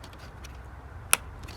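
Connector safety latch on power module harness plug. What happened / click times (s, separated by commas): The small plastic safety latch snapped into place / 1.1 s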